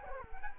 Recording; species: mosquito wingbeat signal from an infrared sensor; Culex quinquefasciatus